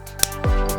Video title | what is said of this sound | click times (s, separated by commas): PTB Narrow: Installation Instructions for Rain-X® PrecisionClear™ | Slide into the opening of the wiper arm until you hear a click. | 0.2 s